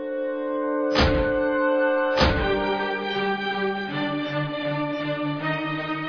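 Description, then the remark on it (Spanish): Two heavy, booming thuds strike about a second apart as a locked door is forced open to get at Edward Hyde in a Dr Jekyll and Mr Hyde drama, each leaving a low resonant ring that lingers and fades under a sustained tonal hum. “Entonces, forzaremos la puerta y lo haremos salir.”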